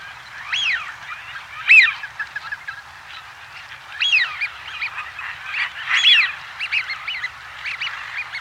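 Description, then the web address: Eurasian wigeon whistles from a flock: clear rising-then-falling 'whee-oo' notes, several overlapping, with softer chatter between bursts and a quiet steady background hiss. Large flock of wigeon at a pool. "ducks wigeon large flock at pool"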